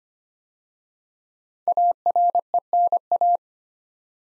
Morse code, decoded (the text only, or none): ARENA